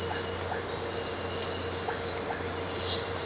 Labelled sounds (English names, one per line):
none